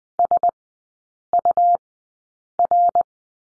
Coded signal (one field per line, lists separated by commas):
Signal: Morse code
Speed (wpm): 20 wpm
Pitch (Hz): 700 Hz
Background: none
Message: SUR